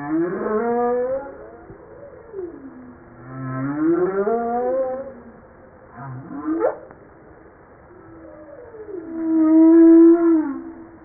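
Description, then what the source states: Humpback whale song with varied units: wavering rising-and-falling tones, a low grunt, a quick upsweep, and a long sustained moan that swells at the end. Recorded 5 March 1994.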